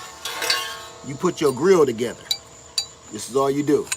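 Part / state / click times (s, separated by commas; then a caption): metal grill bars slotted into each other / not seated / none. Metal grill bars for a rocket stove are handled and slotted into each other through a cutout in the middle, with short metallic clinks, the sharpest near 2.8 s, while someone talks. Nothing has seated or locked into place yet.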